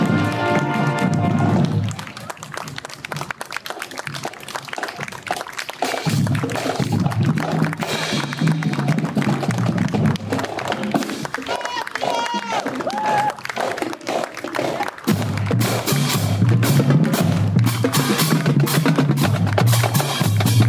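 A Memorial Day parade street scene: dense crowd chatter and voices throughout, with brief whistle-like tones near twelve seconds and louder bursts after fifteen.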